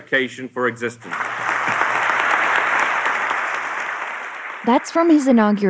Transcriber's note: applause